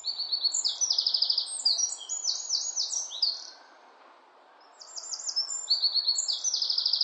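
Bird song: rapid, high, buzzy trills and twittering phrases tumbling over one another, a short lull midway, then renewed trilling over low background noise.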